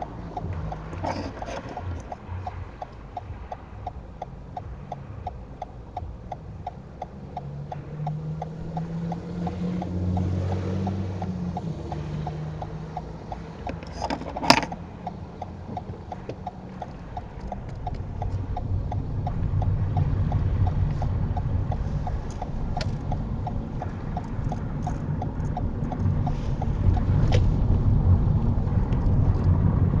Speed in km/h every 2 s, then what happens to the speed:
0, 0, 0, 0, 0, 0, 0, 2, 13, 18, 21, 19, 24, 26, 31.
0-14 standing. 14-17 pulls away to 18. 17-22 steady at about 19. 22-30 speeds up to 31.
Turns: 20-25.